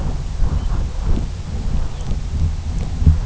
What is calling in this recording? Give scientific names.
Calcarius lapponicus